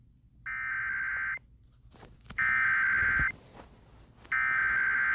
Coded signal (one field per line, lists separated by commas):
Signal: Emergency Alert System (SAME) tones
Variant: header bursts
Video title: Eas svr in the san Francisco Bay area Eas#433